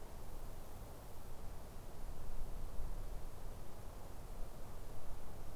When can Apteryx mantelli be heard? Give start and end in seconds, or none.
none